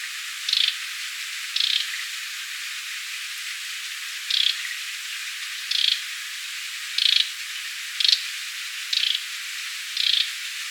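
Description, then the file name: Bull-headed shrike giving short, harsh, buzzy notes at irregular intervals over steady background hiss. Recorded 26 June 2018. "Lanius bucephalus"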